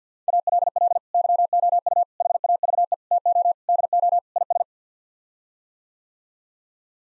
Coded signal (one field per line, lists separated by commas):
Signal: Morse code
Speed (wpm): 50 wpm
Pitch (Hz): 700 Hz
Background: none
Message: ALL YOU HAVE TO DO IS